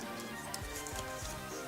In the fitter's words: do it again on this side we rotate it till it clicks there